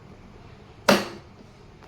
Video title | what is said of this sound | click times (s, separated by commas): Air cooler repair-Air cooler Servicing-Air cooler working principle. #Aircooler#Roomcooler#ytshorts | यह lock हो गया देखो य आसानी से ऐसे घूम सकता है | 0.9 s